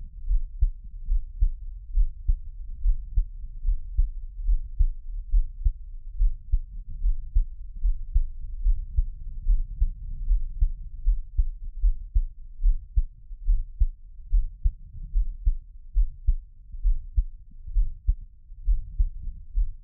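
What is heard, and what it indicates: An adult's heartbeat, picked up by a close microphone for ASMR, with no talking. Normal heartbeat.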